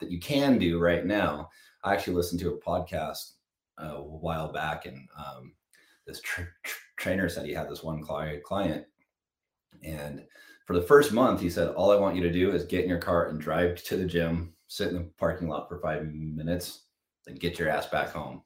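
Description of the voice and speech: A low-pitched adult male speaks conversationally with mostly fluent phrasing, broken by brief part-word repetitions and tense starts on 't' and 'k' sounds, plus drawn-out fillers. These are mild stuttering disfluencies in a man who stutters, now minuscule compared to his high school years, having improved with confidence, age and learning skills.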